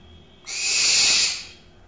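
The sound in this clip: Barn owl screech: a single harsh, hissing shriek lasting about a second, swelling and then fading, with a quiet background.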